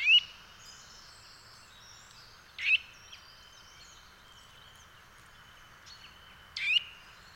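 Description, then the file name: Eurasian nuthatch call: three loud, clipped notes at uneven gaps of two to four seconds, while other birds call quietly in the background. "Sitta europaea"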